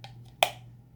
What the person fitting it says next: You hear it snap in there.